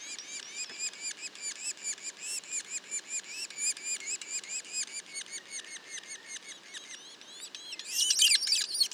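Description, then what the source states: Yellow-bellied sapsucker calls, a steady stream of rapid high squeaky notes, ending with a louder, busier burst of overlapping chatter. Juveniles, Mont-Orford National Park, Quebec.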